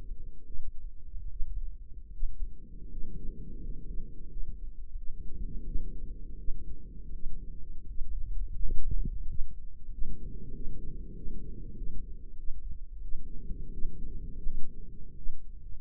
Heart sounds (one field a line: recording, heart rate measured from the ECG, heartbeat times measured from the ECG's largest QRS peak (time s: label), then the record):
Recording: heart sounds by microphone in the right ear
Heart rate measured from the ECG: 86 bpm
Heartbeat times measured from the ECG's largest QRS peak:
0.44 s: heartbeat
1.27 s: heartbeat
2.10 s: heartbeat
2.88 s: heartbeat
3.60 s: heartbeat
4.28 s: heartbeat
4.95 s: heartbeat
5.64 s: heartbeat
6.36 s: heartbeat
7.11 s: heartbeat
7.86 s: heartbeat
8.58 s: heartbeat
9.25 s: heartbeat
9.89 s: heartbeat
10.51 s: heartbeat
11.13 s: heartbeat
11.75 s: heartbeat
12.36 s: heartbeat
13.01 s: heartbeat
13.70 s: heartbeat
14.42 s: heartbeat
15.14 s: heartbeat
From the record:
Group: healthy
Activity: rest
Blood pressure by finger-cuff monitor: 121/77 mmHg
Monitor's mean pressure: 95 mmHg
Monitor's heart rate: 83 bpm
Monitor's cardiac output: 7.7 L/min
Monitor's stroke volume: 89 mL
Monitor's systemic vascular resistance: 930 dyn s/cm5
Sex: male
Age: 33 years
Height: 179 cm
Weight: 80.4 kg